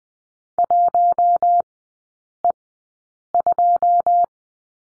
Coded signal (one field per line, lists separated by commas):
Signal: Morse code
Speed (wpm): 20 wpm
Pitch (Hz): 700 Hz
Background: none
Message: 1E2